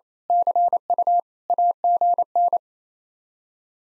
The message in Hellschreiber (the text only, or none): none